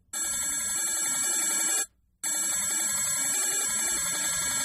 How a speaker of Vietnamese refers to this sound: Rồi như một thách đố, chuông điện thoại bỗng reo lên inh ỏi.